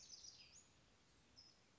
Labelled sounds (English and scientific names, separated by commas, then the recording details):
California Towhee (Melozone crissalis)
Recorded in Sonoma County, California